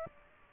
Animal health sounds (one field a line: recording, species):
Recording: mosquito wingbeat signal from an infrared sensor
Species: Culex pipiens